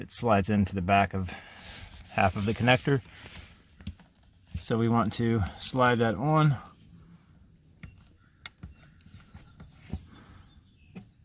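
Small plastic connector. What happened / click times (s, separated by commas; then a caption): The connector retainer is being handled but has not clicked home / none. Someone talks while handling a plastic retainer being slid onto the back half of a seat wiring harness connector on a 2008 Ram driver seat during reinstallation. Short taps and light plastic knocks sound around 3.8–4.2 seconds and again near 7.8, 8.5 and 9.6 seconds. The retainer has not yet seated or clicked into place.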